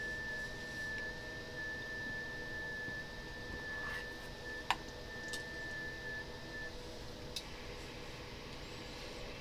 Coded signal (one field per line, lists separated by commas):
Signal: FT8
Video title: WSJT-X FT8 EASY Newest Features Operating Guide Part 2 With Hound Dxpedition Mode